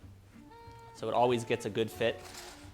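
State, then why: Not seated. The removable battery pack of a Stromer ST1 electric bike is being slid back along its guide track into the frame. A faint steady harmonic tone is heard for the first second, then someone talks. Nothing has seated or clicked yet.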